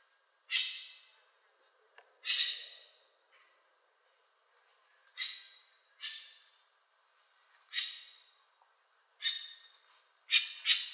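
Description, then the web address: Grey-winged trumpeter calls as harsh, scratchy bursts spaced about one to two seconds apart, ending in a quick double call, over a constant shrill background tone. "Grey winged trumpeter. صدای-پرنده-شیپورزن-بال-خاکستری"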